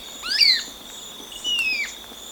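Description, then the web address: Marañon spinetail calls: two clear, high descending slurred notes about a second apart over a steady high hum. In Ecuador. "Birds of Ecuador. Marañon Spinetail"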